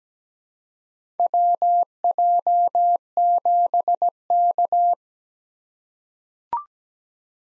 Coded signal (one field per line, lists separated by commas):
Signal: Morse code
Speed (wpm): 17 wpm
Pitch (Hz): 700 Hz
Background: none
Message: WJ7K